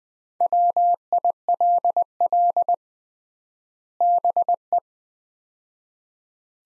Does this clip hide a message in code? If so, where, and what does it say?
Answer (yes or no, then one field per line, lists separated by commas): yes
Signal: Morse code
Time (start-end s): 0.4-4.8 s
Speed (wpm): 20 wpm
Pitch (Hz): 700 Hz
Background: none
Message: WILL BE